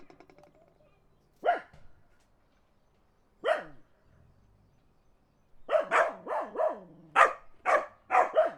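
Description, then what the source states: Dogs barking, two isolated barks followed by a fast run of repeated barks in the last few seconds, quiet between. Dogs barking in the country.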